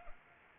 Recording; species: mosquito wingbeat signal from an infrared sensor; Anopheles arabiensis